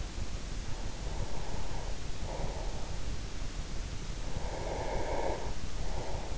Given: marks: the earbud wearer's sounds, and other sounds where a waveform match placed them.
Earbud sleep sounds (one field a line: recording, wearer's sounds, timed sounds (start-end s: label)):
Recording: sounds in sleep by an in-ear microphone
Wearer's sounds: breath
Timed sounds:
0.85-2.93 s: breath
4.27-6.37 s: breath